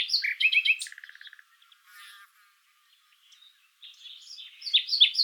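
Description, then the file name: Common nightingale phrases with a quick chattering burst and a short low trill, a quiet gap, then sharp rising and falling chirps. "Luscinia megarhynchos"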